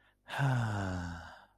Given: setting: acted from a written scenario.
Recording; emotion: vocal sound without words; contentment